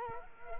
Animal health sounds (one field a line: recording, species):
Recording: mosquito wingbeat signal from an infrared sensor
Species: Culex quinquefasciatus